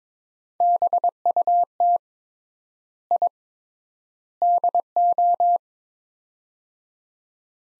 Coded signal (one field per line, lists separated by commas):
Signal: Morse code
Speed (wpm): 22 wpm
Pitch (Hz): 700 Hz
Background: none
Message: BUT I DO